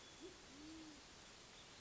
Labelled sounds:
Band-tailed Pigeon
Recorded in Sonoma County, California

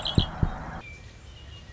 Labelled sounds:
Red-winged Blackbird
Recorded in Sonoma County, California

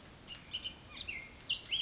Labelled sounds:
Bullock's Oriole
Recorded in Sonoma County, California

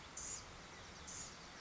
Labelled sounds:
Blue-gray Gnatcatcher
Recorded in Sonoma County, California

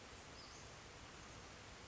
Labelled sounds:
Western Flycatcher
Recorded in Sonoma County, California

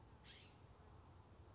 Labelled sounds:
California Scrub-Jay
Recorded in Sonoma County, California

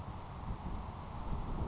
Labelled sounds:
Grasshopper Sparrow
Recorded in Sonoma County, California

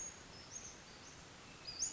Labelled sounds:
Western Flycatcher
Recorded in Sonoma County, California

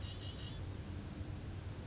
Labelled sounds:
Red-winged Blackbird
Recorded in Sonoma County, California

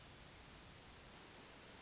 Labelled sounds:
Hermit Thrush
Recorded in Sonoma County, California

